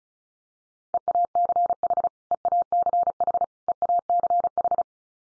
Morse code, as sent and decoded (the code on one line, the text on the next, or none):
. .- -.-. .... / . .- -.-. .... / . .- -.-. ....
EACH EACH EACH